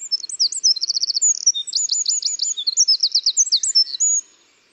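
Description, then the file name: Eurasian wren: a brisk, high, energetic song of sharp chips and rapid trills, ending abruptly after about four seconds. "Troglodytes troglodytes"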